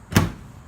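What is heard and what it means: A car's trunk lid is pushed down by hand rather than slammed, and its latch catches into the body striker with a single sharp click at 0.2 s. A short low thump rings out and fades within about 0.15 s, and the lid is closed.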